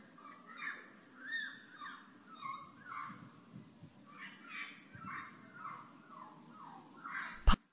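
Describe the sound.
Bird uttering coarse caws in a loose series, with a low rumbling background and a sharp click right at the end.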